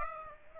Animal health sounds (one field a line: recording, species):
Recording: mosquito wingbeat signal from an infrared sensor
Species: Aedes aegypti